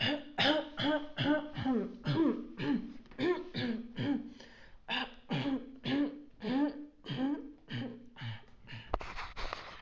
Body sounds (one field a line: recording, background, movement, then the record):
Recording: throat clearing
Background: quiet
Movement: sitting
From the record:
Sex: female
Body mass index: 21.8 kg/m2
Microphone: on the chest, facing outward